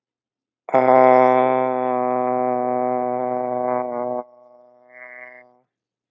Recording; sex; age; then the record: vowel held as long as possible; male; 18 to 19 years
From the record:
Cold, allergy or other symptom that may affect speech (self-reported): no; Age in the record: 19 years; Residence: Georgia, United States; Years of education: 13